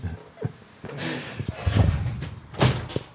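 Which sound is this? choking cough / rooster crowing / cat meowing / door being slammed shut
door being slammed shut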